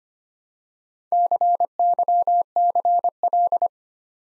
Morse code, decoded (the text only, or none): CYCL